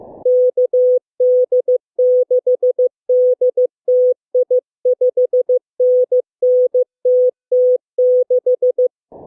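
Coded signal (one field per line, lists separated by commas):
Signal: Morse code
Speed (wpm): 15 wpm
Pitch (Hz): 500 Hz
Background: none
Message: KD6DTI 5NN TT6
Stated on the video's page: Morse Runner, a computer program emulating an HF contest.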